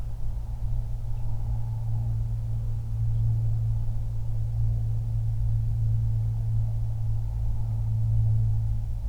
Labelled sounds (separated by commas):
songbird, aircraft